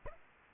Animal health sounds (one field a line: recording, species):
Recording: mosquito wingbeat signal from an infrared sensor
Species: Aedes aegypti